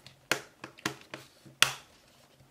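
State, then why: Seated. Pressure is pressed along the edges of the plastic bottom cover of a Dell Latitude 5400 laptop, after a memory upgrade, so its remaining snap clips click into the chassis one by one. Sharp clicks sound at 0.3, 0.9 and 1.6 s, the last the loudest, with fainter ticks around 0.1, 0.6 and 1.1 s. The cover ends up seated with all its clips snapped in.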